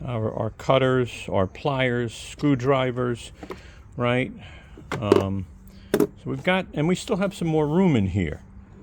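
A loaded bottom drawer of a Klein MODBox plastic modular toolbox, holding cutters, pliers and screwdrivers with room to spare, is handled while someone talks over brief handling knocks. The drawer has not yet been closed, and nothing has clicked or seated into place yet.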